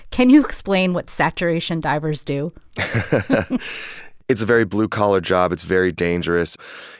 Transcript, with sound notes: Can you explain what saturation divers do?
(LAUGHTER)
It's a very blue-collar job. It's very dangerous.